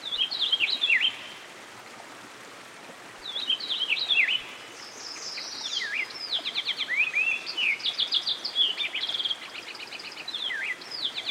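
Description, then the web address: American goldfinch song, a lively run of high twittering notes with quick repeated chips and descending slurs, paused then resumed, over a steady rushing water background. Recorded beside a stream. "Dan Gibson Songbirds By The Stream. American Goldfinch"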